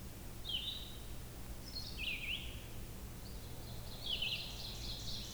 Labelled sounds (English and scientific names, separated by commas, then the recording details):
Red-eyed Vireo (Vireo olivaceus) song
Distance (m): 45 m
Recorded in boreal forest in Alberta, Canada, on 16 June 2016 at 06:23
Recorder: SongMeter 3, array SBT-3-32
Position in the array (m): 44 m, 16 m